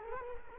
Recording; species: mosquito wingbeat signal from an infrared sensor; Culex quinquefasciatus